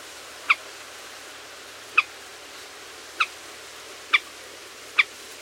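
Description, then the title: Common moorhen calls: five short, sharp single notes over a steady hiss. "Gallinella"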